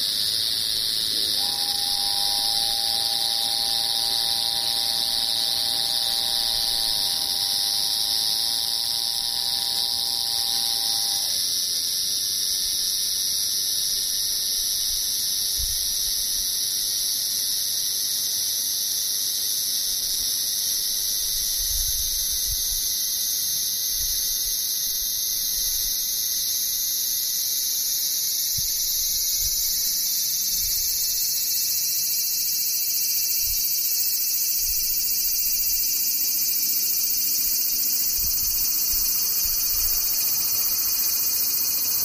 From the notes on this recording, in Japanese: セミ